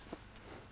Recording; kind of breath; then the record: one breath in and out by a microphone near the nose and mouth; strong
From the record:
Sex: male